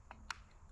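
A plastic cap is pushed onto the wheel axle end of a YerYork 15 amp electric cultivator during tiller assembly, after the retaining pin has been bent back. A faint tick at 0.1 s is followed by a sharp, bright snap at 0.3 s as the cap seats onto the axle.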